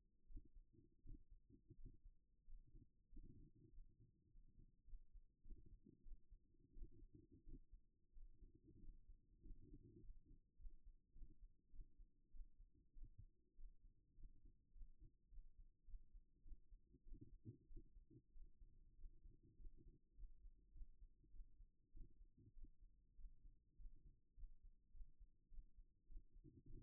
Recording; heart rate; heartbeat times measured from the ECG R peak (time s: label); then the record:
heart sounds by stethoscope; 99 bpm
0.27 s: heartbeat
1.02 s: heartbeat
1.75 s: heartbeat
2.45 s: heartbeat
3.09 s: heartbeat
3.70 s: heartbeat
4.28 s: heartbeat
4.85 s: heartbeat
5.43 s: heartbeat
6.03 s: heartbeat
6.73 s: heartbeat
7.44 s: heartbeat
8.13 s: heartbeat
8.79 s: heartbeat
9.42 s: heartbeat
10.00 s: heartbeat
10.57 s: heartbeat
11.13 s: heartbeat
11.70 s: heartbeat
12.31 s: heartbeat
12.93 s: heartbeat
13.55 s: heartbeat
14.15 s: heartbeat
14.73 s: heartbeat
15.29 s: heartbeat
15.85 s: heartbeat
16.43 s: heartbeat
17.03 s: heartbeat
17.67 s: heartbeat
18.32 s: heartbeat
18.96 s: heartbeat
19.57 s: heartbeat
20.15 s: heartbeat
20.72 s: heartbeat
21.31 s: heartbeat
21.92 s: heartbeat
22.53 s: heartbeat
23.16 s: heartbeat
23.77 s: heartbeat
24.35 s: heartbeat
24.92 s: heartbeat
25.49 s: heartbeat
26.07 s: heartbeat
26.65 s: heartbeat
From the record:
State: at rest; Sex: female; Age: 31 years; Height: 169 cm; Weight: 67 kg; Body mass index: 23.46